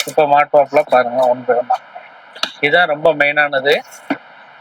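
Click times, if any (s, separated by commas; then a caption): none. Someone talks while handling a wire connector near its socket on a ride-on toy car. The connector has not yet been pushed home, and nothing has seated or clicked yet.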